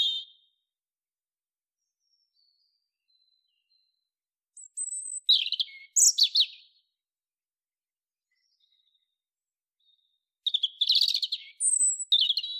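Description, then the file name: European robin singing high, sharp, tinkling phrases separated by long pauses in which faint thin whistles are heard. "Erithacus rubecula"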